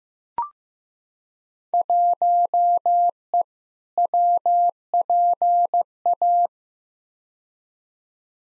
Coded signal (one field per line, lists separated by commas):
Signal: Morse code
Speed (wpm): 15 wpm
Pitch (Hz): 700 Hz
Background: none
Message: 1E WPA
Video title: Field Day Exchange v2 - 15wpm